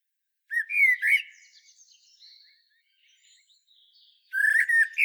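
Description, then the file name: Common blackbird song: loud rich notes near the start, a run of soft faint notes, then another loud burst of clustered notes at the end. "Turdus merula"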